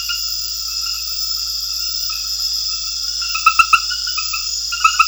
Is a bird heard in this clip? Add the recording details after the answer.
no. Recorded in secondary vegetation near Puerto Asís, Putumayo, Colombia, on 4 March 2025 at 22:30. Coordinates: 0.498, -76.327. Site G001